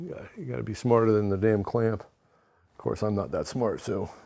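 A ratcheting clamp is being readied on a glued-up, pre-finished wooden post-and-rail joint of a pullout spice rack. Only someone talking is heard, with a brief quiet pause in the middle. Nothing has clicked or seated yet.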